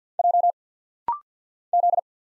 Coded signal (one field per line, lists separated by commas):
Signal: Morse code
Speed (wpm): 51 wpm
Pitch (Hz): 700 Hz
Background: none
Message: J Z